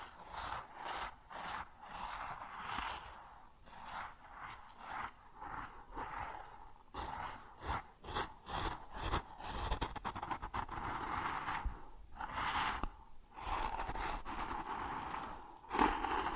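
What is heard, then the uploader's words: Grain rustles and hisses in uneven bursts, bunching around the middle and again near twelve seconds, ending with one sharp, louder crunch. ASMR Grain Sounds (No Talking).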